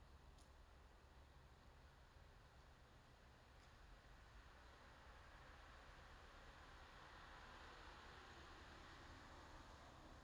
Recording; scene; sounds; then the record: everyday scene through a hearing-aid microphone; in traffic; traffic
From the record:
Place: bus stop on a city main road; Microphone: in the ear canal, left